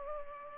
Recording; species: mosquito wingbeat signal from an infrared sensor; Culex pipiens